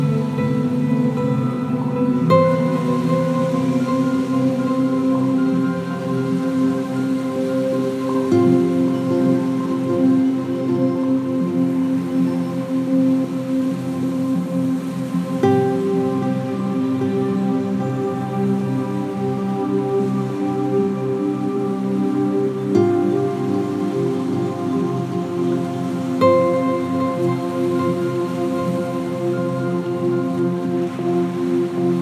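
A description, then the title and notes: Soft nylon guitar notes drift over sustained, sweeping pads, with the chords shifting every few seconds, around 2, 8, 15, 23 and 26 seconds. A steady wash of lapping waves hisses beneath throughout, keeping the level even and gentle. The waves of the Irish sea lapping on the beach on a warm summers night is the backdrop to this gentle and soothing track, with simple nylon guitar over sweeping pads creating a soft flowing melody.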